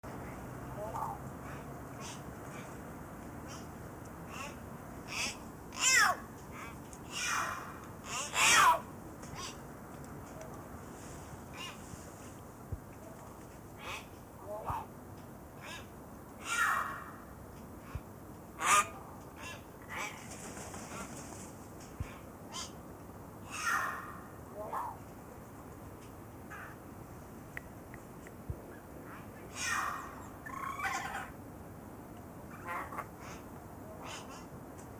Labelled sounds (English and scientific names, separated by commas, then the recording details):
Yellow-faced Myna (Mino dumontii) call
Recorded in captivity
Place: Zoo Halle, Sachsen-Anhalt, DE
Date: 2004-12-14 12:41
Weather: sunny, 2°C
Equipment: Sony WM-D6C, Sennheiser ME 80, Kopie Uher 4000 Report Monitor
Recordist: Tembrock, Günter